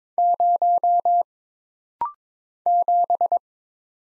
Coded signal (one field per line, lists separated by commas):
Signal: Morse code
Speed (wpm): 23 wpm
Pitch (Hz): 700 Hz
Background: none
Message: 0 7